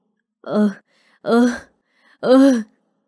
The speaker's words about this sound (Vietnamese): Tiếng rên rỉ khe khẽ với tiếng thở hổn hển.